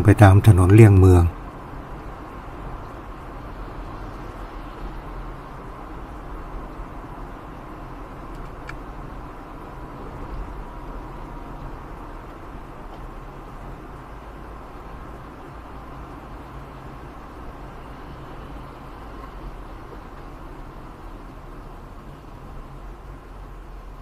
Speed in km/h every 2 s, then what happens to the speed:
66, 65, 65, 63, 62, 62, 62, 61, 60, 59, 59, 57.
0-24 slows to 57.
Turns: none.